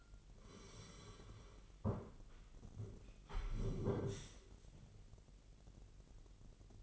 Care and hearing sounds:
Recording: daily activity, microphone in the room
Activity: sit down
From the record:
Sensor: 4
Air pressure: 999.2 hPa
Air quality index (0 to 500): 113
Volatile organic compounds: 2 ppm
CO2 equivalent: 1116 ppm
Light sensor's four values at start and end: 12/29/11/12 and 12/29/12/12

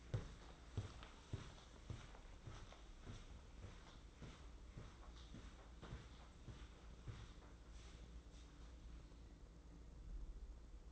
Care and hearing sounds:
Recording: daily activity, microphone in the room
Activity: walk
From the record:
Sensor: 3

